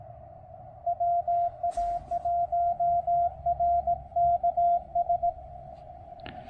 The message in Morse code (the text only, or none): WA1RKS